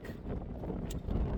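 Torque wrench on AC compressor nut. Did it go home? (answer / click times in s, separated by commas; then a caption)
yes / 0.9 s. A torque wrench tightens the nut on the AC compressor of a 2021 Freightliner Cascadia to 15 ft-lb over steady low rumbling noise. The wrench gives a short, sharp click at 0.9 s, confirming the nut is torqued to spec.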